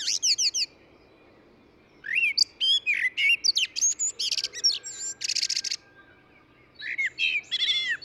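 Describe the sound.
Eurasian blackbird song: a brief high burst, then a long phrase of fluty mellow notes breaking into squeaky, high-pitched twittering, with another phrase starting near the end.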